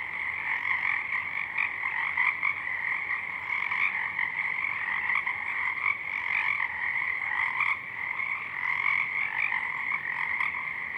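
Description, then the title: Pacific chorus frogs producing a thick continuous chorus of overlapping raspy croaks, the pulsing texture never pausing. Many frogs in full chorus at dusk; downmixed to stereo from a double mid-side recording. "Pacific Chorus Frogs (Pseudacris regilla), dusk"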